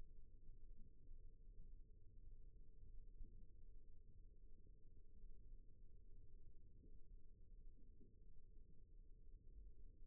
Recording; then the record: forearm muscle sounds (acoustic myography)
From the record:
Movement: rest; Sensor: system 1, eight BSWA MPA416 microphones around the upper forearm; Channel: 2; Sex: female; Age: 21 years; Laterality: right